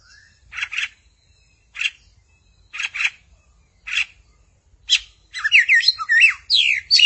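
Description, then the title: Magpie-robin or shama song: short harsh chattering bursts about once a second, then a rapid run of varied whistled, twisting notes near the end. "Suara Burung Murai"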